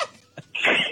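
A brief sharp intake is followed by a loud, explosive, hissing burst lasting under half a second, distorted as if blown straight into a telephone. This is a single forceful sneeze from an adult who is fighting a cold, sneezing right into the phone line.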